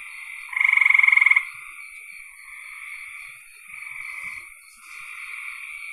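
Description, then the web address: Frog call, one loud pulsed trill near the start, over a continuous background chorus of trilling frogs. "cn frogs"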